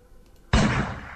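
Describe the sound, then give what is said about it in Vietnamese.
A single gunshot fired by Giang Hạo from a doorway, hitting Tần Di, cracks out suddenly after a quiet moment, a loud, sharp blast followed by a sustained rumbling decay that fades only slightly. No one speaks. “Tiếng súng vang lên, nhưng ngã xuống lại là Tần Di.”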